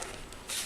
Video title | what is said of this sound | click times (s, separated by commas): CIS285HDDReplaceVid | use your fingers you can run it across you'll hear it snap down nice and tight | 0.0 s, 0.3 s